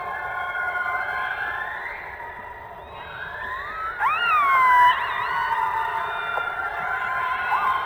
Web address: subacuatica Orcas